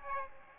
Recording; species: mosquito wingbeat signal from an infrared sensor; Aedes aegypti